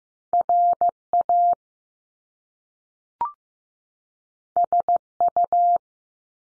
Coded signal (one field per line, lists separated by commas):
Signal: Morse code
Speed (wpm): 15 wpm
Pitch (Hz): 700 Hz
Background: none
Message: R A S U